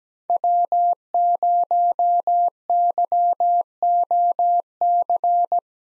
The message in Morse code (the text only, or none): W0YOC